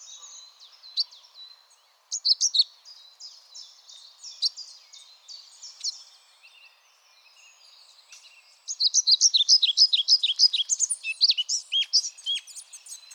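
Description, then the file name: European pied flycatcher song, a few short bursts of high, rhythmic notes, then a longer loud run of up-and-down phrases. "GOBEMOUCHE NOIR"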